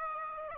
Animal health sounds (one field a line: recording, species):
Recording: mosquito wingbeat signal from an infrared sensor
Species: Aedes aegypti